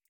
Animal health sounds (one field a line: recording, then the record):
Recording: hydrophone in a shrimp aquaculture tank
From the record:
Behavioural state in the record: feeding